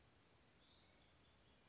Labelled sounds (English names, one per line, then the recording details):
Western Flycatcher
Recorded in Sonoma County, California